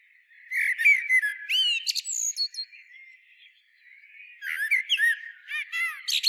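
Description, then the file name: Eurasian blackbird singing two phrases: a mellow warbled opening sliding downward, then thin high squeaks and chattering twitters, separated by a brief pause. "Turdus merula"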